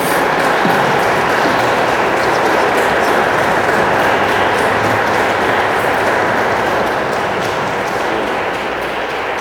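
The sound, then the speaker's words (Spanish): An audience at a wedding Mass in Ixtlahuacan applauds the newly married couple, a dense, steady wash of clapping that stays loud throughout, with no voices standing out above it. “Le damos un fuerte aplauso a este matrimonio, ¿no?”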